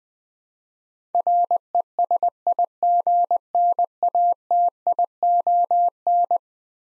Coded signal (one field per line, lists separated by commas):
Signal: Morse code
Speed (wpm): 20 wpm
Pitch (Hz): 700 Hz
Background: none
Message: RESIGNATION